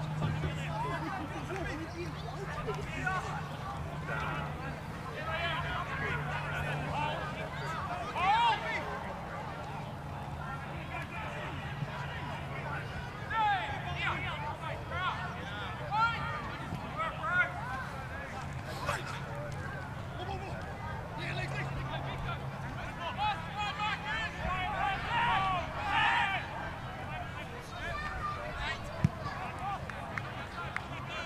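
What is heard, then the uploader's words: Crowd voices and player calls murmur steadily at a rugby league match, over a constant low hum, with occasional louder shouts throughout. Bishop Park - Queensland Rugby League (field recording). Composite field recording taken at the Queensland Rugby League match between the Norths Devils and the Souths Logan Magpies. The match was played at the Norths Devils home ground at Bishop Park, Nundah (Brisbane), Queensland, Australia. Sound recording by G R Legge, 24bit/48kHz on a Zoom H5 with included microphone capsule.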